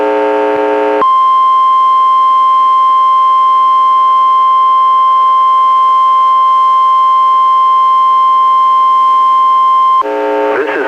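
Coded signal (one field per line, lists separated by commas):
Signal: Emergency Alert System (SAME) tones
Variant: 1050 Hz attention tone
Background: speech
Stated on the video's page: NWR Required Weekly Test relayed by KEC91 Astoria, heard through heavy transmitter interference, recorded directly from a Reecom R-1630 weather radio via Zoom H1 recorder.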